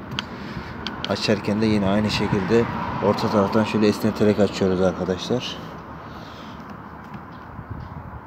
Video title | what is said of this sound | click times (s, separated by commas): renault clio 4-4.5 rüzgar sesi çözümü | şöyle aşağıya taktıktan sonra bastırınca bu geri yerine oturuyor | 0.2 s, 0.9 s